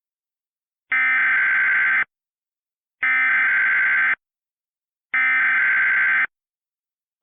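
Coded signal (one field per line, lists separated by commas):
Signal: Emergency Alert System (SAME) tones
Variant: header bursts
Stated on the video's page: Remade EAS alerts for Hurricane Ida containing valid tones; recreations, not real broadcasts.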